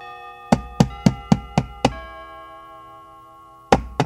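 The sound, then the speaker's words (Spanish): Police officers knock on a street door at 4 o'clock at night: six firm, evenly spaced knocks in quick succession, then a long pause and a single final knock, with a steady ringing tone sustained underneath. “En el momento en el que el reloj señalaba la hora, llamaron a la puerta de la calle.”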